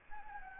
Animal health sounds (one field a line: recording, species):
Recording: mosquito wingbeat signal from an infrared sensor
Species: Anopheles gambiae